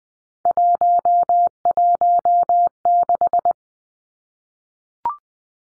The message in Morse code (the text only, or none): 116